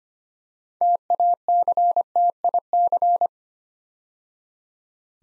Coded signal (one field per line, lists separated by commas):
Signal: Morse code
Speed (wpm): 25 wpm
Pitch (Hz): 700 Hz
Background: none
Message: TACTIC